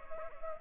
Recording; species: mosquito wingbeat signal from an infrared sensor; Culex pipiens